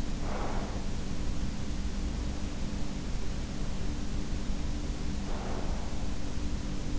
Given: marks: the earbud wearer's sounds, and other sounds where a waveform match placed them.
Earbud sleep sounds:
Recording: sounds in sleep by an in-ear microphone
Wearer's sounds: breath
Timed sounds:
0.03-2.84 s: sound from someone else or the room
0.12-2.84 s: breath
4.17-6.40 s: breath
5.19-5.80 s: sound from someone else or the room

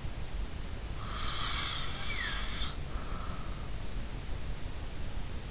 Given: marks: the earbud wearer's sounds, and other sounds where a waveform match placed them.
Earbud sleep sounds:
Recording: sounds in sleep by an in-ear microphone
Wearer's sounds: snoring breath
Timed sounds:
0.98-3.54 s: snoring breath

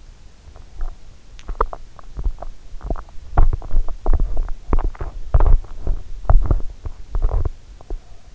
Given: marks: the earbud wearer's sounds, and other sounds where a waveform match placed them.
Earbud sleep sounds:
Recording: sounds in sleep by an in-ear microphone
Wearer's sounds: teeth grinding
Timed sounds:
0.53-7.96 s: teeth grinding

